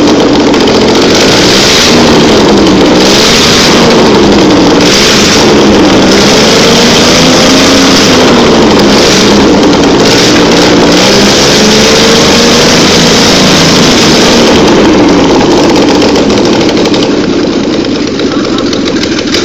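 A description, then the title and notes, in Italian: An engine runs steadily through the whole recording, its hum rising and falling gently in pitch as if lightly revved. The sound stays dense and loud throughout, with a rough, even rumble and occasional brighter surges, then eases slightly near the end. Motore Ferrari Dino. Prova di funzionamento del motore della Ferrari Dino dopo disassemblaggio e seguente assemblaggio. Ripreso con il mio vecchio Nokia N70.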